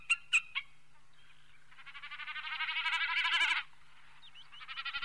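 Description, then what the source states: Common Snipe calling, a few sharp opening notes followed by a fast rhythmic run of pulsed notes that swells in loudness and then stops abruptly, with brief pulses resuming after a pause. Heard in spring at RSPB Otmoor Wetland Reserve in central England; has undergone a steep decline in parts of the UK and is on the amber list of conservation importance.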